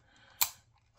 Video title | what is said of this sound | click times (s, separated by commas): Wright Cyclone 9 Kit Build Part 1 | there we go so we're snapped into place there | 0.4 s